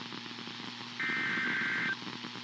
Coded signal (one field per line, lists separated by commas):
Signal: Emergency Alert System (SAME) tones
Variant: header bursts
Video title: Arizona New RMT Message & South Bay SVRs (EAS #24962-25037) 3/5/25